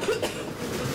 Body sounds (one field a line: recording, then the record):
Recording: coughing mixed with background sound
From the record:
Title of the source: 61 morning phlegmy cough...again